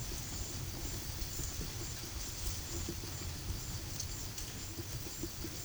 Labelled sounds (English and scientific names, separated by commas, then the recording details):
none
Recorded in pastures near Puerto Asís, Putumayo, Colombia, on 4 March 2025 at 14:30
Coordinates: 0.487, -76.322
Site G077